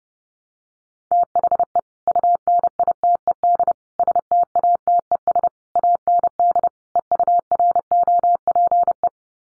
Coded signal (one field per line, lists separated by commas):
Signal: Morse code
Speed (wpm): 28 wpm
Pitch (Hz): 700 Hz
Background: none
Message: THE UNITED STATES AND EUROPE